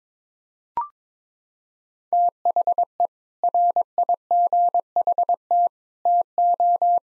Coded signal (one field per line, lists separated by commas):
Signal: Morse code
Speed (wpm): 21 wpm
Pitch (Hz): 700 Hz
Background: none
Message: THE RIGHT TO